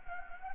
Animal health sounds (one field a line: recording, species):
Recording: mosquito wingbeat signal from an infrared sensor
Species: Anopheles gambiae